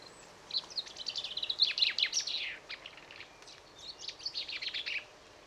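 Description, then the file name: Common chaffinch delivering two quick, tumbling song phrases of bright notes that drop toward a flourish, a short pause between them, faint hiss behind. "Fringilla coelebs"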